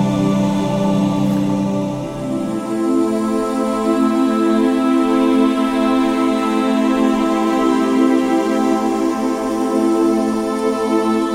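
Relaxing music plays as a steady wash of sustained tones, layered from a low hum up to soft bright overtones. Around two seconds in the low notes shift to a new chord, then everything holds evenly at the same level to the end.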